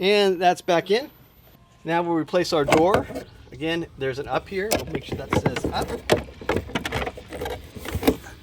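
On a 2016 Toyota Camry, after a new cabin air filter is slid in, the plastic filter access door is being refitted into the filter housing behind the glove box with its "up" marking on top. Someone talks throughout, with short sharp handling knocks from about 6.5 to 8.1 s as the door is pressed in. Nothing has seated or clicked yet.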